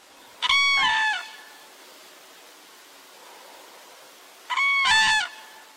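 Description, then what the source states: Common crane trumpeting calls: two loud, rich bugling bursts, each under a second, separated by about three seconds of quiet. Winters in Africa, Southern Europe and Asia.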